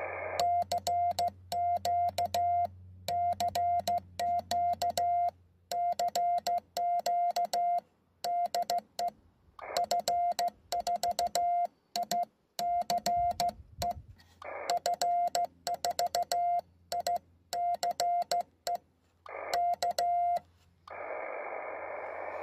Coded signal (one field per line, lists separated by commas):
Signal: Morse code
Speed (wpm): 15 wpm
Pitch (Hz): 700 Hz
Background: radio noise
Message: CQCQCQ DE F4ICE F4ICE K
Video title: FT-817 qrp pack with vertical antenna, portable pack in south of France